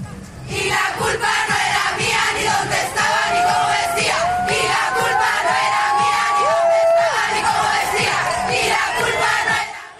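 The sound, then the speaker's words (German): A loud crowd of women chants protest slogans in unison against male violence and femicide, voices rising and falling in rhythmic bursts over a dense, steady roar of many people. “Es ist nicht meine Schuld. Es lag nicht daran, wo ich war, skandieren die Frauen.”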